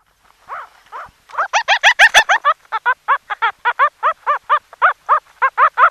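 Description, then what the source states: Dog starting with a couple of drawn whimpers, then breaking into a rapid, loud series of shrill yelps that continues steadily. One puppy.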